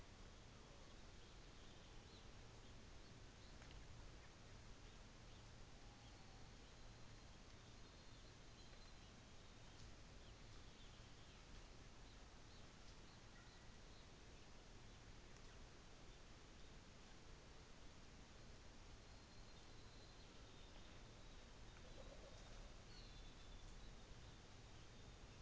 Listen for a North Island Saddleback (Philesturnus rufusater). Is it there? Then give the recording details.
yes. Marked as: faintness 4/5. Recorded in New Zealand on 24 December 2018. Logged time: 13:30